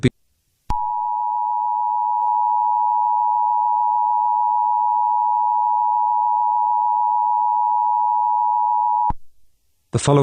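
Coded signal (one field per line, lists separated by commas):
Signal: Emergency Alert System (SAME) tones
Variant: 853 and 960 Hz attention tone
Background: speech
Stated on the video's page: Fictional EAS scenario made for entertainment, not a real broadcast alert.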